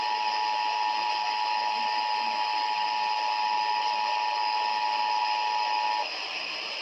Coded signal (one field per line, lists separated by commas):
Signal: Emergency Alert System (SAME) tones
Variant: 853 and 960 Hz attention tone